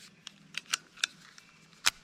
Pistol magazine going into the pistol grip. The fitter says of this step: click it right back in and check on the check the chamber right